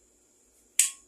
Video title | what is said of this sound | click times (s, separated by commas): Exciting News. Checkout what I bought on TEMU. Unbox with me. Only on @calabash-green, @temu @temu | and it locks in place | 0.8 s